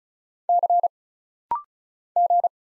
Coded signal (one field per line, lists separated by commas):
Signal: Morse code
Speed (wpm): 36 wpm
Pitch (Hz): 700 Hz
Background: none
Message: C G